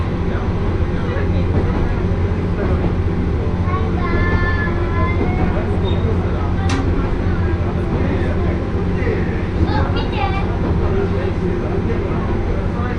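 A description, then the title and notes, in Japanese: Inside a crowded one-car railbus, a steady low engine rumble runs under overlapping chatter and children's voices, with a sharp click near seven seconds. 明知鉄道 明智→恵那。１両のレールバスは子供連れや高校生もいるなど一杯で予想外のにぎわいでした。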